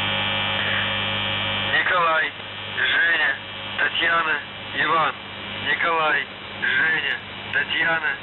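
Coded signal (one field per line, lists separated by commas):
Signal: numbers station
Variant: UVB-76 voice message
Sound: low steady hum, then a voice reads several short words over it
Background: radio hum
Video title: The Buzzer | 20th August 2023 | Voice Message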